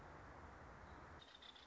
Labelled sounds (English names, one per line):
Nuttall's Woodpecker